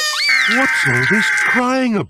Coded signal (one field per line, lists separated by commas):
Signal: Emergency Alert System (SAME) tones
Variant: header bursts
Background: speech